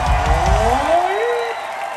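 A crowd at a punk band's show applauds and cheers for a performer back on stage for the first time in three years, a dense wash of clapping with a few rising whoops and shouts cutting through, holding steady and easing slightly at the end.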